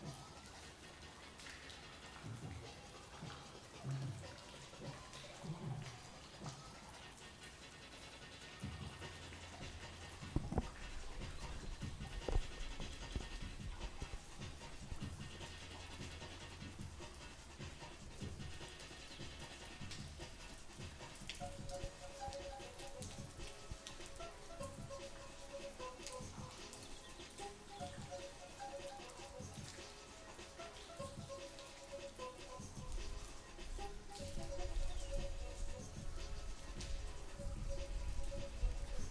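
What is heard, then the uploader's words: Under a canal bridge, a dense, steady wash of traffic-like rumble and spattering noise, with music's repeating tones rising in the second half. Sounds of under the bridge just a bit up from the pirate club on the Regent's Canal, and some music.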